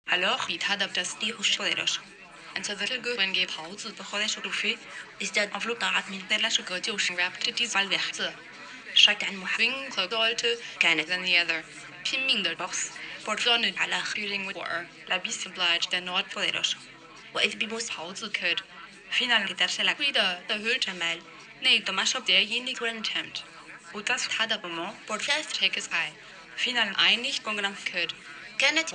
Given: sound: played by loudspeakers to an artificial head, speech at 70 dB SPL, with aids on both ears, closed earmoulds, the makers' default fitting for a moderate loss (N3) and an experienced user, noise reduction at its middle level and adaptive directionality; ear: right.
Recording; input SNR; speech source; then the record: speech test signal (ISTS) in cocktail-party noise; +9 dB; on the right (90 degrees)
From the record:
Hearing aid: class 2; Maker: G